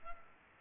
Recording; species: mosquito wingbeat signal from an infrared sensor; Culex pipiens